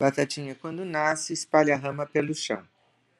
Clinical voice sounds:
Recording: short text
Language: Brazilian Portuguese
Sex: female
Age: 60 to 69 years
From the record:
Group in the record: control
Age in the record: 68 years

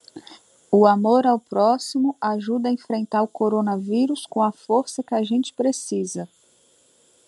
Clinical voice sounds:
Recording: spoken sentence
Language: Brazilian Portuguese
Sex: female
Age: 30 to 39 years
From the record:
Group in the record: control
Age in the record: 32 years

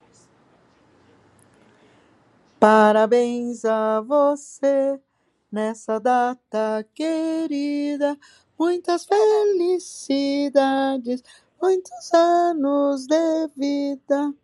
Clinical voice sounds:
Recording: short text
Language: Brazilian Portuguese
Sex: female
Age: 60 to 69 years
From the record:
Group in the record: control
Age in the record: 60 years

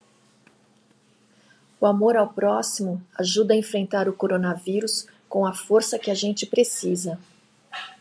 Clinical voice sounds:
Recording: spoken sentence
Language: Brazilian Portuguese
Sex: female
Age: 50 to 59 years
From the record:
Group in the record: control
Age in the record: 55 years

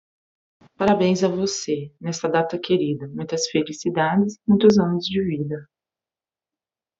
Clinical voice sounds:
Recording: short text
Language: Brazilian Portuguese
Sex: female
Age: 30 to 39 years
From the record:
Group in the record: control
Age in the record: 39 years

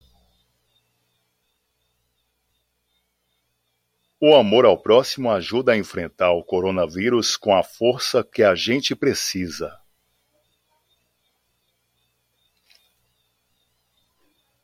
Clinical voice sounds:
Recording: spoken sentence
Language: Brazilian Portuguese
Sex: male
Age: 30 to 39 years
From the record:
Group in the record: control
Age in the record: 33 years

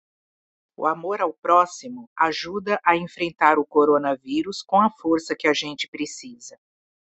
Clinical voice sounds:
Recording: spoken sentence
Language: Brazilian Portuguese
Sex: female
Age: 50 to 59 years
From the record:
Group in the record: control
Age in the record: 52 years

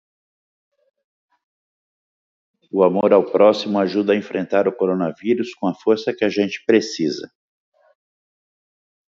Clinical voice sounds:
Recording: spoken sentence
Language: Brazilian Portuguese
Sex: male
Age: 60 to 69 years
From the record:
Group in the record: control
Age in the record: 60 years

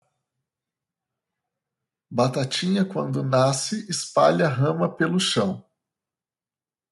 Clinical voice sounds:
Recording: short text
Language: Brazilian Portuguese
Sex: male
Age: 30 to 39 years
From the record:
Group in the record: control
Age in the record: 39 years

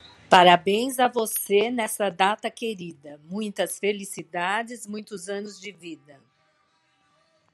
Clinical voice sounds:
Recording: short text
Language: Brazilian Portuguese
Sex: female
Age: 60 to 69 years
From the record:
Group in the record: control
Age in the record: 62 years

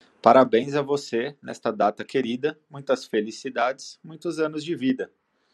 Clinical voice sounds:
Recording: short text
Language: Brazilian Portuguese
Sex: male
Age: 30 to 39 years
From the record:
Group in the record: control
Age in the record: 36 years

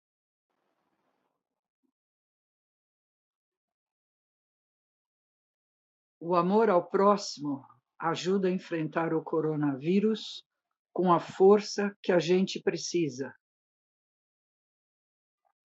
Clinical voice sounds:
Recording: spoken sentence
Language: Brazilian Portuguese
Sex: female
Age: 60 to 69 years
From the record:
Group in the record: control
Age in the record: 67 years

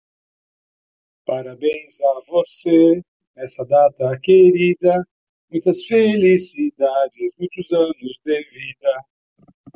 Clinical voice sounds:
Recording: short text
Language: Brazilian Portuguese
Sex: male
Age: 50 to 59 years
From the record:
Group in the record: control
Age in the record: 50 years

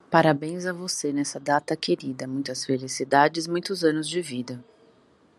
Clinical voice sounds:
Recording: short text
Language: Brazilian Portuguese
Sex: female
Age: 40 to 49 years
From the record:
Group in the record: control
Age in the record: 41 years

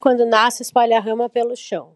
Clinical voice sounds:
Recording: short text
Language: Brazilian Portuguese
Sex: female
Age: 40 to 49 years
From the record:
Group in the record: control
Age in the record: 40 years

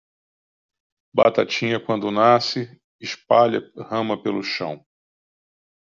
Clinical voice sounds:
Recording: short text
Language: Brazilian Portuguese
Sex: male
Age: 50 to 59 years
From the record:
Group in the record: control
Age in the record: 59 years

